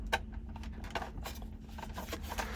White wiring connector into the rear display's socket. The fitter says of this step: and we should hear it click.